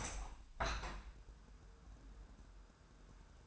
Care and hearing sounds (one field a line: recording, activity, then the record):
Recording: daily activity, microphone in the room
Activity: open window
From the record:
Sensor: 2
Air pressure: 999.8 hPa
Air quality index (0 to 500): 228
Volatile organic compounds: 59 ppm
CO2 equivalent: 3402 ppm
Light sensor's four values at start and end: 8/19/8/8 and 9/20/8/8